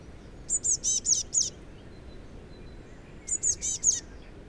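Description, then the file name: Eurasian blue tit calls: a run of five high, thin notes, a pause of about two seconds, then four more of the same over faint background hiss. "Cyanistes caeruleus"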